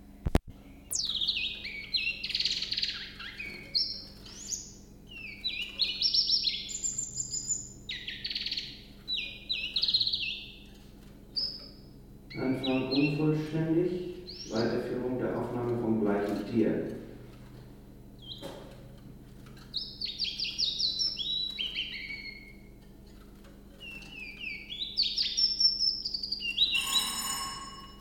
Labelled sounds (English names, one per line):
Willow Warbler